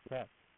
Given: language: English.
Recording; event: throat vibration sensor signal played as sound; speech